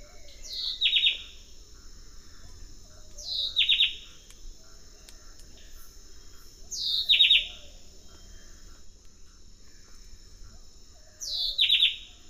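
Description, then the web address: White-breasted wood wren repeating a brief whistled phrase that slides down into quick rich notes, four phrases a few seconds apart, over constant high-pitched insect hum. Song; South America, eastern lowlands. "S America Eastern Lowlands Henicorhina leucosticta, song"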